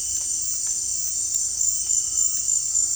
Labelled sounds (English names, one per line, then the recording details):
none
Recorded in dense forest near Puerto Asís, Putumayo, Colombia, on 16 December 2024 at 18:00
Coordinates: 0.466, -76.327
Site G075